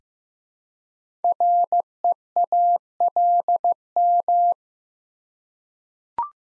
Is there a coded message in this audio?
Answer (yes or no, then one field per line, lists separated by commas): yes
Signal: Morse code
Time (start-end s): 1.2-4.5 s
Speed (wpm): 15 wpm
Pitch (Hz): 700 Hz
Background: none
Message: REALM